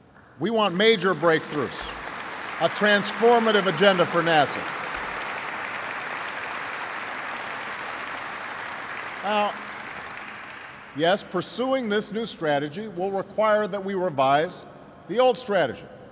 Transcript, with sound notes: we want major breakthroughs; a transformative agenda for NASA. (Applause.) Now, yes, pursuing this new strategy will require that we revise the old strategy.